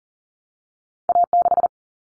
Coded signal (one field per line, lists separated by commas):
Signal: Morse code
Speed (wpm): 40 wpm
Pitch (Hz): 700 Hz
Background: none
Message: A6